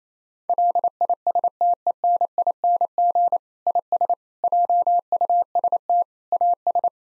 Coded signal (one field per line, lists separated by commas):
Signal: Morse code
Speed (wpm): 28 wpm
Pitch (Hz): 700 Hz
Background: none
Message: LISTENING IS JUST AS